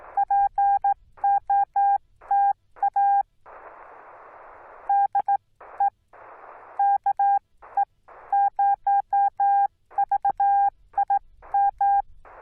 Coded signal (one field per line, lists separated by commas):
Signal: Morse code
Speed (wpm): 16 wpm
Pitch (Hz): 800 Hz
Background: none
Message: POTA DE KE0VIM